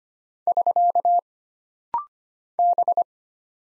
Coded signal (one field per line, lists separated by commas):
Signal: Morse code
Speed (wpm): 25 wpm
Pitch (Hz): 700 Hz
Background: none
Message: <SK> B